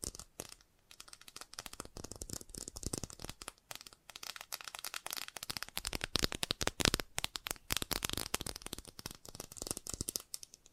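Fast tapping runs nearly nonstop, a dense flurry of sharp, crisp clicks that blur together like shuffled cards. The rhythm is uneven, swelling into louder, busier bursts around the middle and dipping briefly near the start and around four seconds.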